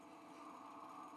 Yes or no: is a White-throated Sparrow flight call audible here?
no